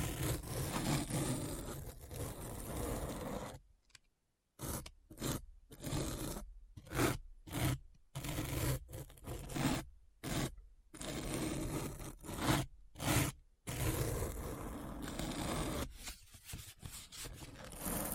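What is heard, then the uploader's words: A deep, gritty scratching sound, rough and full across lows and highs, runs steadily for the first few seconds. Around four seconds it breaks into choppy bursts separated by sudden dead silences, stuttering irregularly until about fourteen seconds, then returns to a continuous rasp. ASMR Deep Brain Scratch (No Talking).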